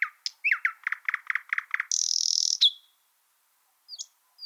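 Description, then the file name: Thrush nightingale song: a run of repeated low chock notes that turns into a loud, high buzzing rattle, then brief high whistles after a short gap. "solovey obyknovennyy golos"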